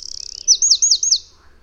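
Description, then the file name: Eurasian wren song ending: a high trill leading into a few rapid, looping whistled notes. "Troglodytes troglodytes"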